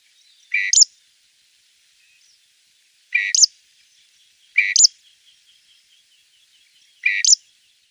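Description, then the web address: Southern Grey Shrike song: a repeated two-part phrase, a lower note followed by a sharp high upslurred note, given four times. "Schulze Peter Southern Grey Shrike song"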